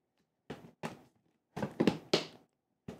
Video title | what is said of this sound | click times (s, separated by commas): Ultimate Filament Drybox System - Extended System Printing and Assembly Guide | there, you kind of heard maybe the mic picked that up. It kind of clicked into place and now it's not moving at all. | 2.1 s